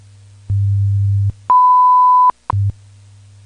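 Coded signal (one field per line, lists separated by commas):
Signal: radio time signal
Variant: WWV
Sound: low 100 Hz hum bursts, then a clear 0.8-second 1 kHz beep, short clicks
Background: low hum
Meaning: The 0.8 s 1000 Hz tone marks the start of a minute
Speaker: well let's go ahead and listen in here to the full correction at the tone 15 hours 18 minutes coordinated universal time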